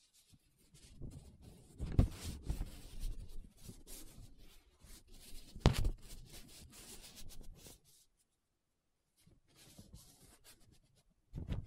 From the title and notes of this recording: ASMR 7 Different Paper Sounds Tracing, Scratching, Rubbing (No Talking).